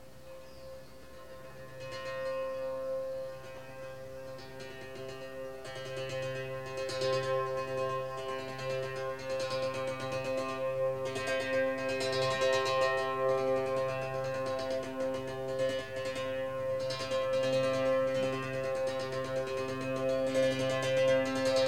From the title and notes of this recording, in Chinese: 剛好碰上颱風天。第一次在颱風天彈琴。讓核桃木撫心琴（單音琴）帶領這趟旅程。